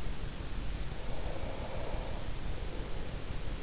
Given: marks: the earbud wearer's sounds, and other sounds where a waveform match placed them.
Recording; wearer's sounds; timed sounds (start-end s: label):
sounds in sleep by an in-ear microphone; breath
0.78-3.29 s: breath